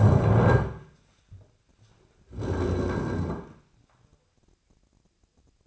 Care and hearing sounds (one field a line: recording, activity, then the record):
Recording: daily activity, microphone in the room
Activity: stand up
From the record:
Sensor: 2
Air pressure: 1009.1 hPa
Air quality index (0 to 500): 168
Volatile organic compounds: 2 ppm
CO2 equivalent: 1232 ppm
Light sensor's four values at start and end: 33/89/37/40 and 36/96/40/43